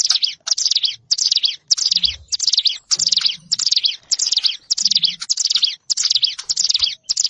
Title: Ciblek Sawah